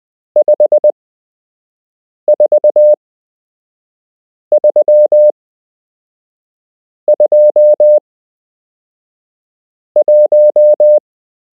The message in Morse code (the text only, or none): 54321